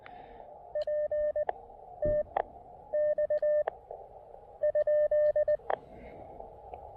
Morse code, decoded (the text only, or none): P T X ?